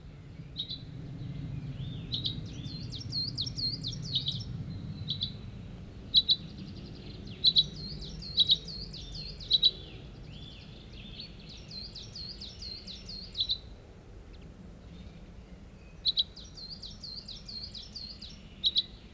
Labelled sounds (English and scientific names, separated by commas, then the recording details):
Common Chaffinch (Fringilla coelebs) call
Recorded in the wild
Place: Wermelskirchen, Nordrhein-Westfalen, DE
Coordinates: 51.13, 7.25
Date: 1995-04-15
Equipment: Sony WM-D6C
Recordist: Skiba, Reinald